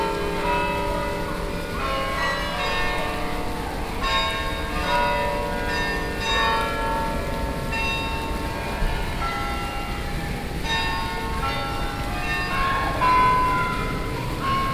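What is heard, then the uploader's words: A peal of church bells rings continuously, overlapping strikes arriving about once a second and leaving a dense, shimmering wash of sustained ringing tones. Beneath them runs a steady low rush of splashing fountain water, and the overall level stays even throughout. Amsterdam.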